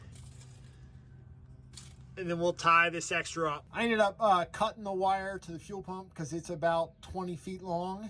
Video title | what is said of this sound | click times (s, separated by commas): Espar Airtronic S2 D2 L Diesel heater install in a Sprinter Van - DIY 👍 | plugs in and you just push until it clicks | 1.8 s